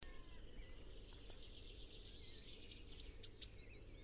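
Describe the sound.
Eurasian blue tit giving thin, high calls: a short call at the start, then a quick run of several descending notes near the end.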